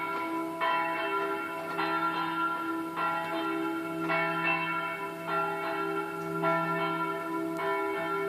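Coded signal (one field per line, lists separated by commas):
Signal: bell signal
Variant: swing ringing, single bell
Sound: one church bell swinging, about 7 evenly spaced ringing strokes with long resonance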